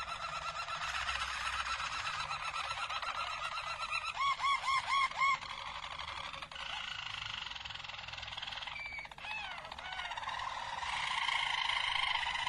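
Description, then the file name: Harz Roller canary song: continuous rolling trills with a run of looping notes in the middle and a few sliding whistles. Harz Roller canary, described as a Belgian canary; its song. "canto do canario belga harz roller"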